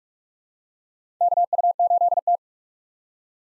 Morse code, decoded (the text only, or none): KU8T